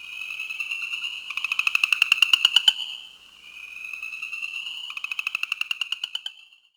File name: New Jersey chorus frog